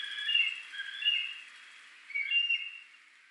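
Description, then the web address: Mountain hawk-eagle whistled call, two thin high whistled phrases separated by a short quiet pause, over faint background hiss. Recorded in Ishikawa on 3 March 2012. "koe kumataka 120303 ishikawa kuroda"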